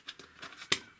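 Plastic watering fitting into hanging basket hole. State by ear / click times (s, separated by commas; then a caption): seated / 0.7 s. A plastic self-watering fitting is pushed through the hole in a hanging basket, dropped down and pulled up until it snaps home. A few soft handling rustles and taps at about 0.1, 0.2 and 0.4 s come before one sharp, bright click at 0.7 s. The satisfying little click shows the fitting has seated correctly.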